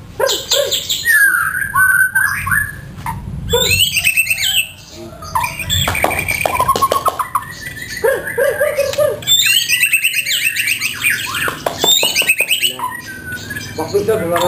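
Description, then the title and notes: White-rumped shama song, rich and varied, with bursts of high slurred whistles, chattering notes and short trills separated by brief pauses. Song of the bird, offered for training caged birds (masteran). "Suara Kicau Burung Murai Batu. burung murai buat masteran"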